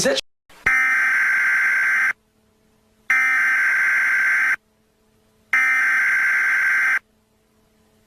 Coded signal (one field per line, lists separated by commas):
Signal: Emergency Alert System (SAME) tones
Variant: header bursts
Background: speech